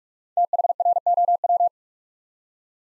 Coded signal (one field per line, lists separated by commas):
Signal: Morse code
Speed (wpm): 44 wpm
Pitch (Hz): 700 Hz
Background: none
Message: THROW